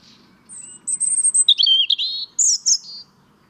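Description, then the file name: European robin song phrase: thin high whistles, then quick warbled notes lower down, ending with bright high twitters. "Erithacus rubecula"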